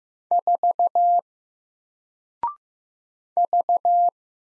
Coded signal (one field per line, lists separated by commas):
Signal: Morse code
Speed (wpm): 15 wpm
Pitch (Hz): 700 Hz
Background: none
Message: 4 V